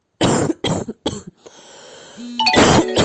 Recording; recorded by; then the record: voluntary cough; messaging app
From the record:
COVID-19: negative